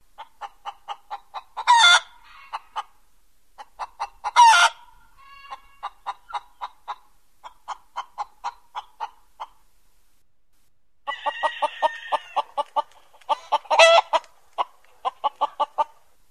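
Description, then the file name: Chicken clucking in steady, evenly spaced series, broken by several loud squawks and a burst of crowded cackling near eleven seconds. "odglos kura"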